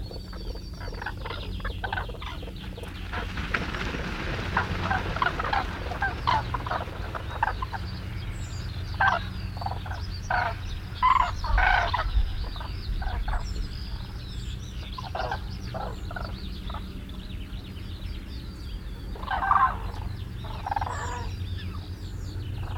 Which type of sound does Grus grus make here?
call